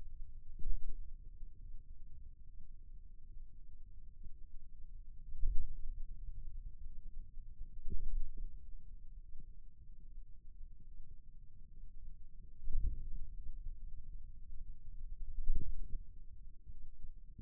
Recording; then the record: forearm muscle sounds (acoustic myography)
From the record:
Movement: ulnar deviation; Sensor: system 2, bracelet of six BSWA MPA416 microphones around the upper forearm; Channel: 1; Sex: male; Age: 22 years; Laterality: right